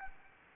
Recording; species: mosquito wingbeat signal from an infrared sensor; Anopheles arabiensis